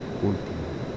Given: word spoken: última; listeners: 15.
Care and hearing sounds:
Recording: one Spanish word in noise, from a listening test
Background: speech-shaped noise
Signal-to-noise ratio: 2.8 dB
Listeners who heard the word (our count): 0 of 15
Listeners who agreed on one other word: 11 of 15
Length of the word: 0.57 s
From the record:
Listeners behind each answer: 11, 2, 1, 1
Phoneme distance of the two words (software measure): 10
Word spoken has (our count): 3 syllables, 6 phonemes, stress on syllable 1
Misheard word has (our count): 3 syllables, 6 phonemes, stress on syllable 1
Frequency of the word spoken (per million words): 198.40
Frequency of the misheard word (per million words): 288.97

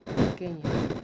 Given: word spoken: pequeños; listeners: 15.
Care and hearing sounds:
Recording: one Spanish word in noise, from a listening test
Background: noise modulated by one talker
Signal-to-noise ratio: -10.3 dB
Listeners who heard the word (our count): 1 of 15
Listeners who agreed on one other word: 6 of 15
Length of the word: 0.65 s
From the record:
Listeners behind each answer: 6, 5, 2, 1, 1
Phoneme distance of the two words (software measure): 7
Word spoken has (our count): 3 syllables, 7 phonemes, stress on syllable 2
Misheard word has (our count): 3 syllables, 6 phonemes, stress on syllable 2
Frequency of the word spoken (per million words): 82.44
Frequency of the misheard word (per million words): 115.21

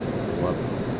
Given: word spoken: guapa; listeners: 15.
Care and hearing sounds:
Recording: one Spanish word in noise, from a listening test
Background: speech-shaped noise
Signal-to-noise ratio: -4.4 dB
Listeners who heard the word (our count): 1 of 15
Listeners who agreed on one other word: 8 of 15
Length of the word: 0.61 s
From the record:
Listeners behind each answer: 8, 1, 1, 1, 1, 1, 1, 1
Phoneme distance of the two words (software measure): 10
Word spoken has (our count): 2 syllables, 5 phonemes, stress on syllable 1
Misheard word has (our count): 2 syllables, 5 phonemes, stress on syllable 1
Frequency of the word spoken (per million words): 8.96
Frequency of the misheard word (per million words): 8.39

